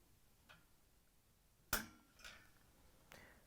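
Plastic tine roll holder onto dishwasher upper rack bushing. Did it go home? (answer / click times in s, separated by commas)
yes / 1.7 s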